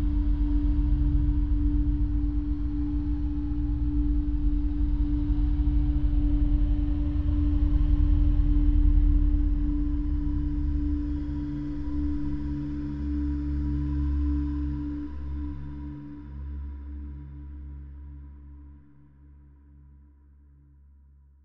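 An eerie ambient drone: a steady, ringing mid-low tone like a singing bowl hangs over a deep, slowly throbbing rumble and a faint airy hiss. It swells to its fullest around the middle, then gradually thins and fades toward the end.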